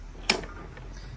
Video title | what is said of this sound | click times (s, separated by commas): NICE gate motor not working - you won’t believe what I find | so this manual release doesn't click all the way in either because it's full of sand and crap as well but it goes in far enough | 0.3 s